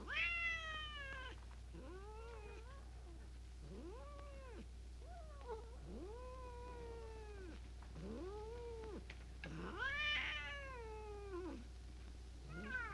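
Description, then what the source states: Cat yowling in a string of drawn-out, arched, tonal calls, each rising then falling, repeated throughout. Described as growling.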